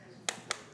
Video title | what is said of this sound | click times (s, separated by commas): KitchenAid 9Speed Hand Mixer with Flex Edge Beaters | check out the cord left or right so whether you're righty Lefty you need to move that cord it locks into place either | 0.3 s, 0.5 s